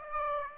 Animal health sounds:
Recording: mosquito wingbeat signal from an infrared sensor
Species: Aedes aegypti

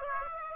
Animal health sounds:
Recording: mosquito wingbeat signal from an infrared sensor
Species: Aedes aegypti

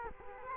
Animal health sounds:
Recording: mosquito wingbeat signal from an infrared sensor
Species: Culex quinquefasciatus

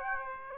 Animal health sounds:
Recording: mosquito wingbeat signal from an infrared sensor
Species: Aedes aegypti

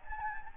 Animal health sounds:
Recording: mosquito wingbeat signal from an infrared sensor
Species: Anopheles gambiae

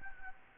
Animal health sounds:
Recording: mosquito wingbeat signal from an infrared sensor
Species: Anopheles gambiae

